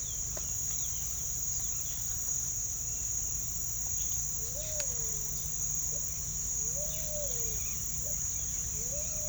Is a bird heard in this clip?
yes